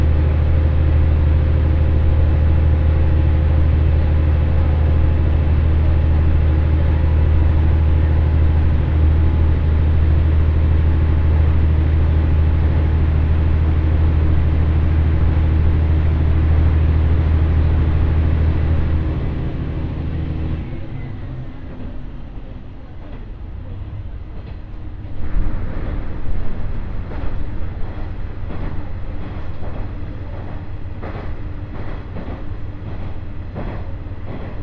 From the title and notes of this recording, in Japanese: 耳で楽しむ鉄道旅 井原鉄道 備中呉妹→早雲の里荏原。